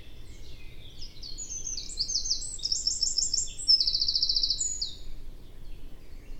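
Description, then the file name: Eurasian wren song: a fast, high, energetic outpouring of trills and warbled notes, including a long dry rattling trill near the end, with low background hum. "Troglodytes troglodytes"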